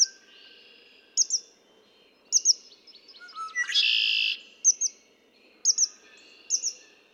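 Red-winged blackbird song with a series of short stuttering notes leading into a coarse buzzy trill, set among recurring high double chirps from another bird.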